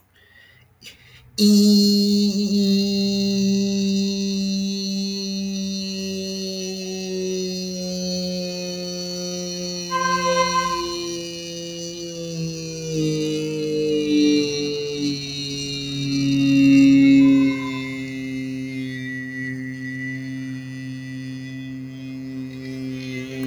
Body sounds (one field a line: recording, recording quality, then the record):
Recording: sustained vowel as in beet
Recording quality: excellent, no background noise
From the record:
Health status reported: healthy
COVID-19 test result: negative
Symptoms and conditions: none ticked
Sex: male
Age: 27 years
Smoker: not ticked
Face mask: not worn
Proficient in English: yes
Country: India